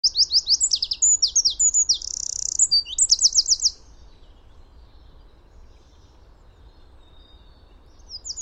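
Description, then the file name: Eurasian wren song: a fast, loud burst of high, sharp notes and a trill lasting about four seconds, then near silence before another brief high phrase begins. "Troglodytes troglodytes"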